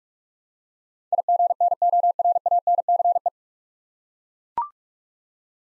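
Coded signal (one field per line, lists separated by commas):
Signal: Morse code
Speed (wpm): 42 wpm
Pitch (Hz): 700 Hz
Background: none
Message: IGNORANCE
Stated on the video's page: Morse head-copy practice at 45 wpm sending nine-letter words, each word sent, spoken, then sent again.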